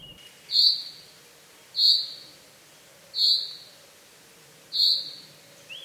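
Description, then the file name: Common chaffinch calling with four bright, clipped single notes spaced a little over a second apart, over a quiet background with a faint chirp near the end. "Fringilla coelebs"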